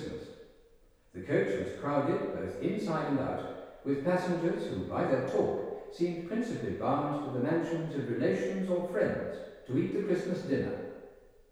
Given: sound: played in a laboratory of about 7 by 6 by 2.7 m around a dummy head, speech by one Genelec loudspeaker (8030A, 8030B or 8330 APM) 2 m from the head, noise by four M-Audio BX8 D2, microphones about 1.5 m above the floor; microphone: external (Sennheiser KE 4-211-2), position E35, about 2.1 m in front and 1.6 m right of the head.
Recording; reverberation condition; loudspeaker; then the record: male speech in English; high; 120 degrees to the right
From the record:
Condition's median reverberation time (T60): about 1300 ms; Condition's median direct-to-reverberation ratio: about -4.0 dB